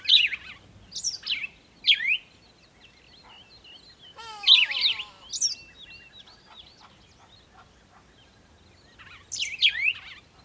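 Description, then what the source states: Bird calls: bright, high chirping phrases in short clusters, a brief buzzy descending trill near the middle, then a long quiet stretch before a final burst of chirps. Recorded at a water hole in the early morning.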